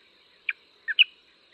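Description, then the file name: Light-vented bulbul giving brief chirping notes, one single then two close together, with a continuous high buzzing hum behind. "白頭翁"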